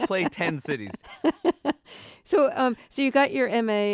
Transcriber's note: laughter